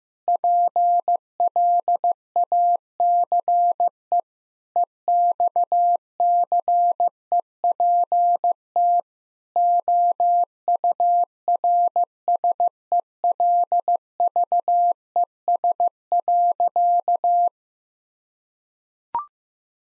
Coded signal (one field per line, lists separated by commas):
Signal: Morse code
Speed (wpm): 15 wpm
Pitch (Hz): 700 Hz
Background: none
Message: PLACE EXCEPT OURSELVES.